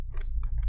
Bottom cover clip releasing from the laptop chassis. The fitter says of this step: pop it open. So you can hear that little click.